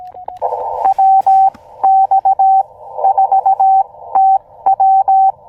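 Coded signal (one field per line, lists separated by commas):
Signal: Morse code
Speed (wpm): 18 wpm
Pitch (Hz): 770 Hz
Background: radio noise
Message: WX4TW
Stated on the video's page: First Summits on the Air CW activation, also a park, in cold weather, using an Elecraft KX2 and an end-fed trail-friendly antenna.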